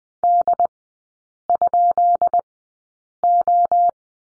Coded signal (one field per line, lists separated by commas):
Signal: Morse code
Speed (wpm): 20 wpm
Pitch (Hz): 700 Hz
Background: none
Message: D?O